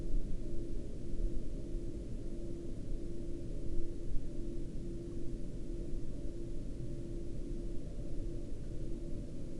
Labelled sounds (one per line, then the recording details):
man-made sound
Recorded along the Dalton Highway, Alaska, on 23 October 2019 at 10:41
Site 07